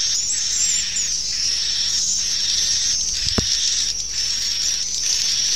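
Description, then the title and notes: Swiftlets giving high, shrill chirps in an unbroken chorus with rhythmic pulses, and one sharp knock partway through. Used in swiftlet bird farming in Asia. "Swiflet Bird Sound. Farming Swiflet Bird asia sound"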